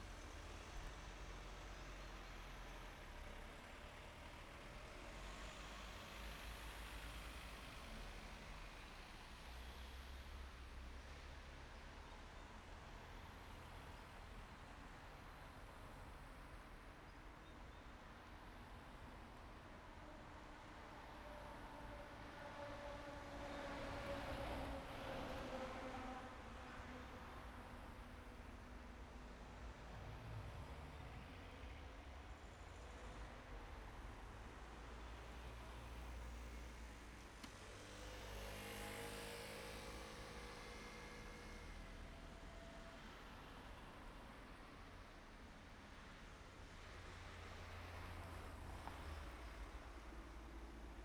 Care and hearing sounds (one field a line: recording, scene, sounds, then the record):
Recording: everyday scene through a hearing-aid microphone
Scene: in traffic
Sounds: traffic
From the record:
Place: main road on the outskirts, rush hour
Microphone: behind the ear, right, rear